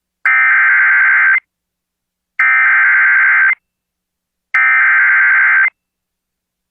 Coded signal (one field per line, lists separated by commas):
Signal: Emergency Alert System (SAME) tones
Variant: header bursts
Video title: TIME TO GET BACK TO WORK | EAS Alerts from 2/17/2022 (EAS #955-979)